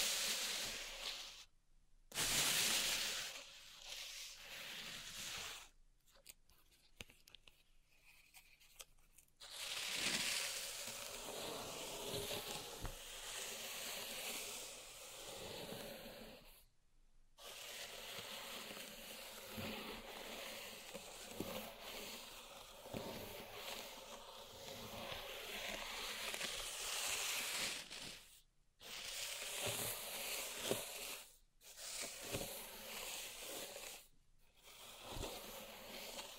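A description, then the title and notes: Crisp scraping and raking through coarse pink salt in a small zen garden, a dense hissy grind that swells and eases in long strokes. The sound cuts to near silence several times, briefly around 2, 17, 28 and 31 seconds, and longer between 6 and 9. ASMR Relaxing Pink Salt Zen Garden Triggers (No Talking).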